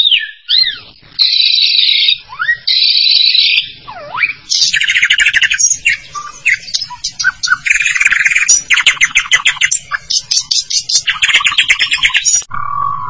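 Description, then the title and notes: Starling singing a medley of swooping whistles, harsh buzzy bursts and fast rattles, with brief gaps between phrases and a low whistle at the end. "suara burung jalak"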